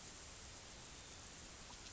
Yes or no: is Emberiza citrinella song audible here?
no